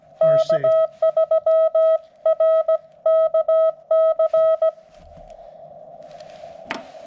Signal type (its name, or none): Morse code